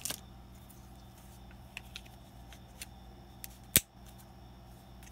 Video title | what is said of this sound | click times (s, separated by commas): Greaval Baofeng UV-5R 2m,70cm Amateur portable radio (unboxing) | clicks right in powers | 3.8 s